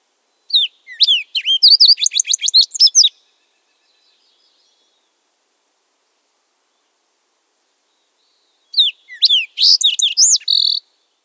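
Fox Sparrow singing twice, about eight seconds apart; each song is a bright burst of slurred whistles and chips.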